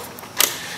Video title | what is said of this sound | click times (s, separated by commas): JET Stage 1 Power Control Modules for Dodge Jeep Computer Chip How-To Install Tutorial | White one is now going to click into the Jet module. | 0.4 s